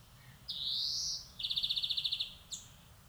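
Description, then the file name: European greenfinch with a rising wheezy note, then a quick buzzy trill of about a dozen pulses, ending with a short high chirp. "Chloris chloris"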